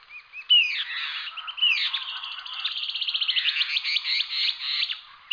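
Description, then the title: Bird song of fast trills running into a rhythmic series of pulsed, looping notes, with a sharp whistle at each end. "LuckyPassaro Completos2Sama"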